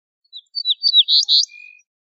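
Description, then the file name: Ortolan bunting song: a few quick high chips, then two loud buzzy notes, ending on a thin, even lower tone; one short phrase in a quiet background. "suara kicauan ortolan"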